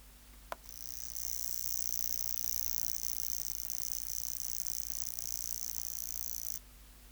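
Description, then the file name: Grasshopper song: a sharp click, then a dense, high, sizzling buzz that swells and holds steady for about six seconds before cutting off. "Stenobothrus rubicundulus"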